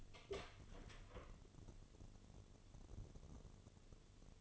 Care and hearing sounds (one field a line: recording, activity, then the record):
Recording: daily activity, microphone in the room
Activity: open door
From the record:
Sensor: 4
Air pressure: 1016.0 hPa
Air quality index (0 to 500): 200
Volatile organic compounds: 11 ppm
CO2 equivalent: 2280 ppm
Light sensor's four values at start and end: 9/20/8/7 and 9/20/8/7